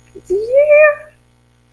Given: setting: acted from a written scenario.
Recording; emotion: vocal sound without words; pride